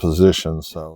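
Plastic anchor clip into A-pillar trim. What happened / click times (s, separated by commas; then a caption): The plastic clip is being positioned but has not seated yet / none. Someone talks while handling the special plastic anchor clip on a GR Corolla's A-pillar trim, positioning it to be snapped back into place. Only speech is heard across the second. Nothing has seated or clicked yet.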